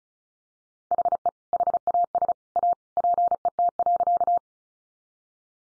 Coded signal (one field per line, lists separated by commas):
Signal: Morse code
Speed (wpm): 34 wpm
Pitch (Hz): 700 Hz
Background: none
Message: HE HAS A PET.